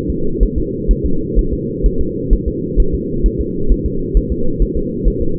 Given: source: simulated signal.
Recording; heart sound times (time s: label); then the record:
fetal heart sounds
0.10 s: S2
0.43 s: S1
0.58 s: S2
0.91 s: S1
1.06 s: S2
1.39 s: S1
1.53 s: S2
1.86 s: S1
2.01 s: S2
2.33 s: S1
2.48 s: S2
2.80 s: S1
2.95 s: S2
3.26 s: S1
3.41 s: S2
3.72 s: S1
3.86 s: S2
4.17 s: S1
4.32 s: S2
4.62 s: S1
4.77 s: S2
5.08 s: S1
5.22 s: S2
From the record:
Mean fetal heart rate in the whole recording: 130 bpm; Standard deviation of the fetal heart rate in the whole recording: 2 bpm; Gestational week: 36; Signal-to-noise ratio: -8.1 dB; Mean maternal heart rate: 72 bpm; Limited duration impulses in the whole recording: absent